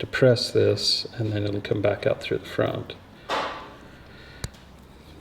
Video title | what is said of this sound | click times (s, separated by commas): What MORR Did We Find When The Cab Come Off The World's Largest Off Road Wrecker?? | push that in pull it toe clicks so it's called a pull to seat | 4.4 s